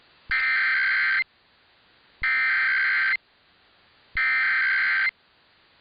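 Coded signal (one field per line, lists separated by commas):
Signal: Emergency Alert System (SAME) tones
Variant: header bursts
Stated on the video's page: Monthly test SAME tones from Pennsylvania and Orange County.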